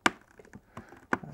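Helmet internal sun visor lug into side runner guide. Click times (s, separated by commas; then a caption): 0.1 s. The second plastic lug of the internal sun visor on a Nolan N60-6 motorcycle helmet is pushed into its side runner guide and clicks into place with a sharp, loud snap at 0.06 s. Faint ticks and handling knocks follow, then another sharp click at 1.1 s. The lug is confirmed seated.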